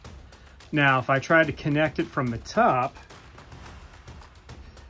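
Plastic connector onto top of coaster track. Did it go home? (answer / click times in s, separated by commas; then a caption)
no / none. Someone talks while a plastic K'NEX connector is pressed onto the top of a roller coaster track, followed by a few faint ticks and low background noise. Nothing has clicked or seated, so the connector is not secure and would easily pop right off.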